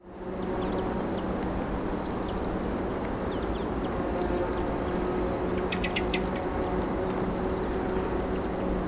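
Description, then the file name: European robin calls in high, rapid trilled bursts, with a few lower descending notes mixed in partway through, over constant hiss and low hum. "Erithacus rubecula"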